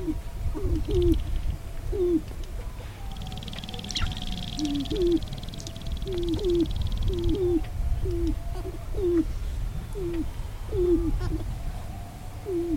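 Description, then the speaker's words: Sharp-tailed grouse display calls: short, low, down-hooked hooting notes repeated in quick irregular runs, over a steady low hum with a faint high buzzing band midway. Lekking display in tall prairie grasslands at Wainwright, Alberta. "Yes, so in Wainwright, in the tall prairie grasslands, listening to a sharp-tailed grouse do a little bit of lekking."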